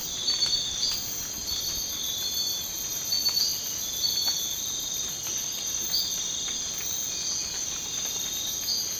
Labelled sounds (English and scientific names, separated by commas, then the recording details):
none
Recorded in dense forest near Puerto Asís, Putumayo, Colombia, on 19 March 2025 at 02:30
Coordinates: 0.500, -76.322
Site GP06